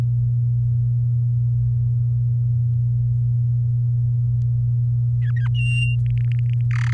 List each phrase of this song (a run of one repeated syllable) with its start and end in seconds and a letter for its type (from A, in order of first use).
5.22-5.48 A, 5.54-5.96 B, 6.06-6.61 C, 6.71-6.93 D